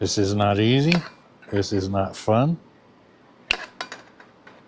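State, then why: Seated. Someone talks while using the very tips of pliers to work a metal snap ring over onto the steering column shaft during steering column assembly. A sharp metallic snap rings out at 3.5 s, followed by a few faint ticks. The ring snaps into place and is seated, though it is not fully clear whether it is fully home.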